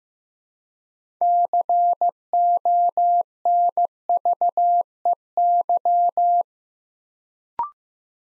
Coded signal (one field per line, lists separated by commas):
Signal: Morse code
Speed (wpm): 15 wpm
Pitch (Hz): 700 Hz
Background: none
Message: CONVEY